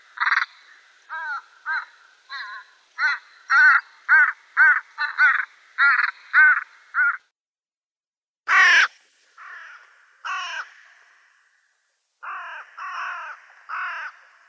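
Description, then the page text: Hooded crow giving a fast series of short caws, about a dozen in a row, then a few scattered rasping calls after a brief silence. "аудиоопределитель Б.Н. и О.Д. Вепринцевых) Серая ворона"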